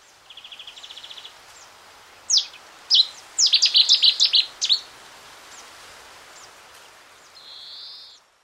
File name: cettiswarbler